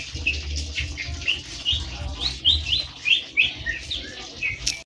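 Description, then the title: White-eye song, quick series of sweet rising and falling chirped notes over a low rumbling background. Song style called ngerol ngalas, a long rolling wild-style song. "Suara Burung Pleci Ngerol Ngalas"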